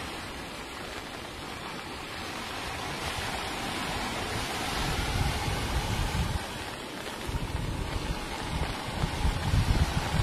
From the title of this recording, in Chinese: 清晨雨中听海